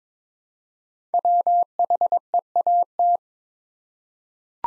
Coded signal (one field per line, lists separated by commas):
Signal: Morse code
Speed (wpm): 22 wpm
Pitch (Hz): 700 Hz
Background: none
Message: WHEAT